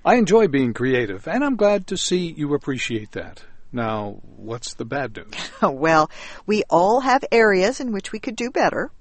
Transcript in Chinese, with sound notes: I enjoy being creative and I'm glad to see you appreciate that. Now what's the bad news?
(Chuckle) Well, we all have areas in which we could do better.